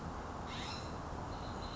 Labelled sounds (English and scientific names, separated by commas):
California Scrub-Jay (Aphelocoma californica)